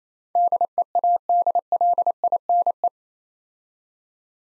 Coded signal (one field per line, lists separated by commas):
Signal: Morse code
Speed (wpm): 28 wpm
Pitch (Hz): 700 Hz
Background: none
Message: DEADLINE